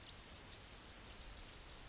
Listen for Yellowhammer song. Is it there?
no